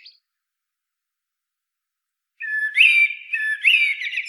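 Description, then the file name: Common blackbird beginning a song phrase after a long quiet stretch: rich fluted warbling with thin high notes above, still running at the end. "Turdus merula"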